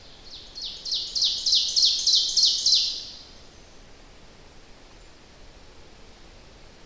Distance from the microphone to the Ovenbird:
about 25 m